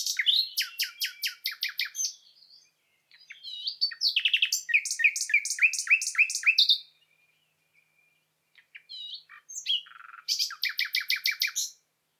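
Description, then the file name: Common nightingale song with rapid repeated chirps, a long varied phrase of sharp notes and trills, a pause, then another quick series of bright repeated notes. "Luscinia megarhynchos"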